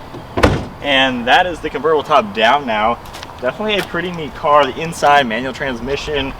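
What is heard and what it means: After the manually folded roof of a Dodge Viper convertible is stowed, the trunk lid is closed by hand and shuts with a short slam-latch sound of two quick hits at 0.4 s and 0.4 s. The trunk lid seats into its latch, and then someone talks for the rest of the clip.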